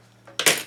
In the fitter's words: And that little screw is officially stripped out.